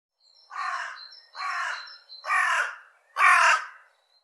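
Bird giving four harsh, rasping calls about one per second, the later ones louder, with a thin high tone showing faintly between them.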